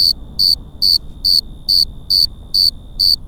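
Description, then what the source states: Cricket chirping steadily, eight high pulsed chirps at about 140 per minute, evenly paced, with a continuous faint steady tone behind. Crickets at Cerro Gordo, León, Guanajuato, Mexico, 18 April 2019, 9:19 p.m.; recorded close to several crickets with a Tascam DR-05X built-in microphones and WS-11 windshield.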